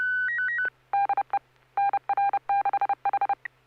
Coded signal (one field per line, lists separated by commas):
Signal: Morse code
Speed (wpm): 30 wpm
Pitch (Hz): 800 Hz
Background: music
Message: DE NR6H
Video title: N6NA SSTV Net - 08/30/2023